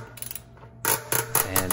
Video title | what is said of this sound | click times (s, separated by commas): Costco Bike Build -- Louis Garneau Gros Louis 3 -- Fat Bike | right there you should see this torque wrench click so I know I'm at the proper torque | 1.7 s